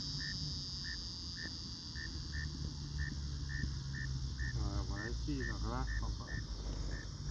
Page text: Maryland Biodiversity. Northern Mole Cricket ( Neocurtilla hexadactyla )